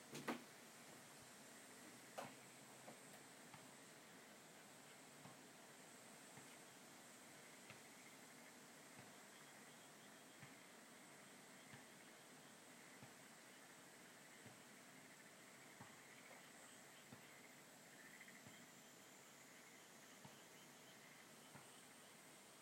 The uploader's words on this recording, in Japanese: 田舎の夕方。ただただカナカナカナ。割と生活音。キレイなまんまるの月が出ていて、 過ごしやすい涼しい時間帯。